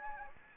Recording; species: mosquito wingbeat signal from an infrared sensor; Anopheles gambiae